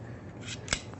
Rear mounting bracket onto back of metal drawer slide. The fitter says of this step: you got these little brackets that slide right on the back of that slide snap in place easily